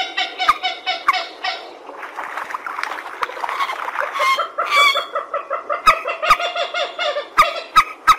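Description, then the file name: Purple swamphen giving nasal, harmonic honking and cackling calls in rapid uneven series, with sharp clicks scattered throughout. "tieng trich re keu"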